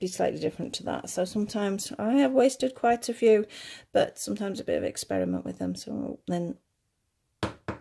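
Someone talks, then a plastic washer is pushed onto the stem of the second safety eye in the crochet fabric of a crochet toy. Two short knock-like clicks come at 7.4 s and 7.7 s, and the washer is seated with a satisfactory fit.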